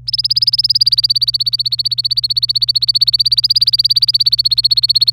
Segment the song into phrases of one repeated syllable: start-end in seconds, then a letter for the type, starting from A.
0.07-5.12 A